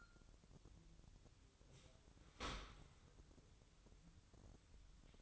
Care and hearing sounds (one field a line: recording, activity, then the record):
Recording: daily activity, microphone in the room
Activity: open dishwasher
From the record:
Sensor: 3